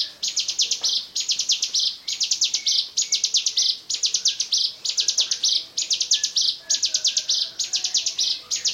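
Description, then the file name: Bar-winged prinia singing fast, high chattering phrases of ticking notes that end in a rolled buzz, repeated back to back about once per second throughout. "ciblekmonster"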